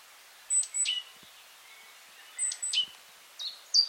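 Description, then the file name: Great tit calls: thin high notes in two short clusters about two seconds apart, then further brief high notes, over faint background noise. "Parus major"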